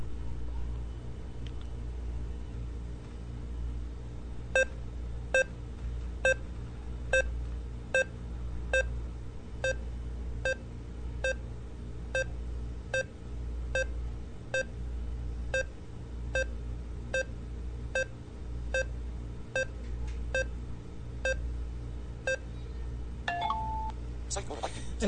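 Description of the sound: Short, even electronic beeps start after a few seconds and repeat at about 75 a minute, ending with a brief higher tone. They come from a phone heart-rate app, with a finger placed over the flash and camera, sounding a regular pulse like a heartbeat as it takes each heartbeat, over a steady low background hum.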